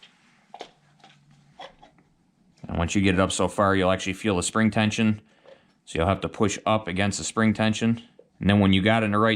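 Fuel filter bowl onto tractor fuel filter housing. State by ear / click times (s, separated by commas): not seated / none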